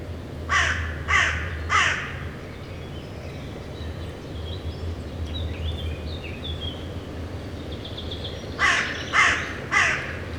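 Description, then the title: Carrion crow uttering two bursts of three hoarse caws, one at the start and one near the end, with faint bird chatter and a low hum between. Carrion crows on the banks of the Rhône at Les Avenières Veyrins-Thuellin, France, recorded with a stereo parabolic microphone (EM172) and a Zoom H4n Pro. "Bord de Rhône - Les Avenières Veyrins-Thuellin, France - Corbacs are back. no ! Corneilles have nails !!!"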